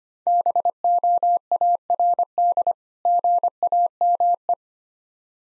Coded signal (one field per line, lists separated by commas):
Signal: Morse code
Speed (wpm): 25 wpm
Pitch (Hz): 700 Hz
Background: none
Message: BOARD GAME